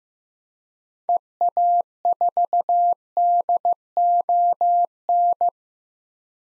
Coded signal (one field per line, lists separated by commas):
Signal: Morse code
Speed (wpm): 15 wpm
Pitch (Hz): 700 Hz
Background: none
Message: EA4DON